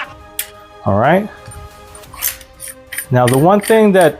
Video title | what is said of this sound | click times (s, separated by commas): Is This the Most Important Jedi Saber in Star Wars? Qui-Gon Jinn’s Lightsaber. (TXQ SNV4) | And uh it should just click into place. | 0.4 s